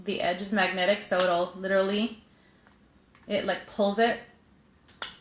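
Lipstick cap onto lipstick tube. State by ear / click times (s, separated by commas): seated / 5.0 s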